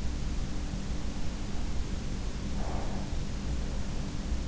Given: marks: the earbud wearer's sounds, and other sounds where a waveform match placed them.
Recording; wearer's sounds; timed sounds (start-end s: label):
sounds in sleep by an in-ear microphone; breath
1.37-3.17 s: breath